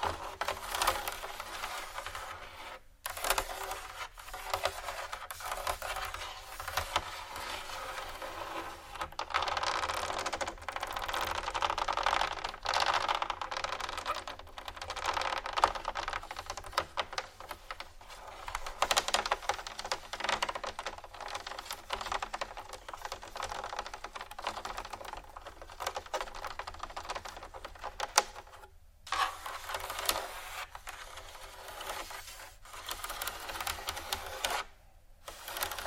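Fingernails scratch steadily against a hard, wood-like surface in a dense, rasping flurry of quick strokes that barely lets up. The sound sits mostly in the bright, hissy middle. Brief pauses break it near 3 seconds, again around 29 seconds, and just before the end.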